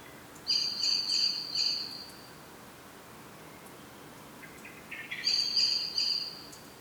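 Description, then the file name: Common blackbird giving two high, thin, pulsing bursts a few seconds apart, the second preceded by a few lower scratchy notes. "Turdus merula"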